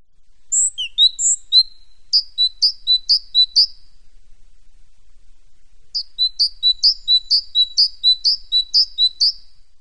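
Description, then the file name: Great tit uttering high, bright two-note phrases repeated rapidly in a long run, a brief pause, then another similar run of ringing notes, with no other sounds. "parus major"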